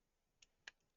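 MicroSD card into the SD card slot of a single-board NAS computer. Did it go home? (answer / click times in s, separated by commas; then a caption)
yes / 0.7 s. A microSD card is pushed into the spring-loaded SD card slot of a single-board NAS computer mounted in a case, which makes the job fiddly. A faint click at 0.4 s is followed by a sharper, louder click at 0.7 s, with low background noise throughout. At 0.7 s the card clicks into place and is seated.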